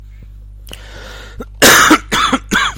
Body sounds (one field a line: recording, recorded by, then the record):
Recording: voluntary cough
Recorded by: messaging app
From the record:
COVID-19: positive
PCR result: self-reported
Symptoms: no